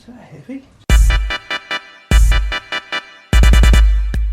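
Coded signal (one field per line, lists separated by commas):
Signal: none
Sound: electronic music beat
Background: speech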